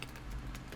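A swap-out hand for a Hot Toys Carnage collectible figure (Venom: Let There Be Carnage) is pushed onto its plastic wrist peg and locks into place with a sharp click at 0.0 s. Two fainter, softer taps follow at about 0.6 s and 0.7 s over a low background hum, and the hand stays seated on the wrist.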